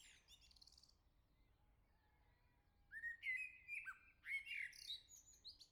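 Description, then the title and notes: Common blackbird singing a mellow fluted phrase that breaks into a high, scratchy twittering ending, after a quiet opening with only faint notes. Singing close by on the morning summer arrived, La Jarrie, France; recorded with SD MixPre-6 II, MS MKH40/30 in Cinela PIA2. "Le Merle salue l'été, 3 Gd Rue de Chassagne, 17220 La Jarrie, France. Quel Sol!!!! pour saluer l'arrivée de l'été ce matin! Merci Jolie Merle de tes vocalises à proximité!"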